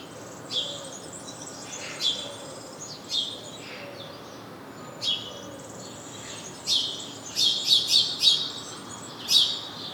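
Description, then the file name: House sparrow chirps, short bright notes given irregularly, then a quicker cluster of several chirps near the end, over steady soft background hiss. "Passer domesticus"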